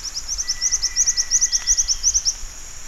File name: jingjing batu